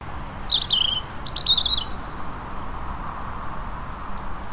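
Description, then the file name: European robin song: one sweet, high warbled phrase of slurred whistles lasting over a second, then a few faint high notes near the end, over steady background noise. "Erithacus rubecula"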